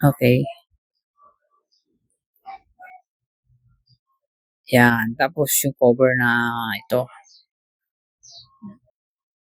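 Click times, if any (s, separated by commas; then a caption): none. Someone talks while handling the plastic cover of a TIXX air cooler's water pump or motor housing, lining it up before pushing it back on, during a fix for the cooler not drawing up water. Only faint, light handling sounds come between the speech, and nothing has seated or clicked yet.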